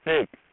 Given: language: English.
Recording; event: throat vibration sensor signal played as sound; speech